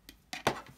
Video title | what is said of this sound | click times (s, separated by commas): Sun Visor Extender! - 3D Printing | can also hear the satisfying clicks when the panel is retracted | 0.1 s, 0.3 s, 0.5 s